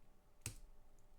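A plastic toy-brick bucket is pushed onto the clips of a front-loader's arms. A single sharp snap is heard at 0.5 seconds as the bucket seats onto the clips, and the rest of the clip stays quiet.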